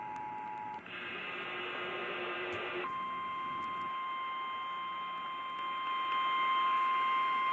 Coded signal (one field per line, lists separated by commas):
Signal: Emergency Alert System (SAME) tones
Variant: 853 and 960 Hz attention tone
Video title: The Top 10 Most Favorite EAS Captures for 2018